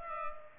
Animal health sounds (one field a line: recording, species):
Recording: mosquito wingbeat signal from an infrared sensor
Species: Culex pipiens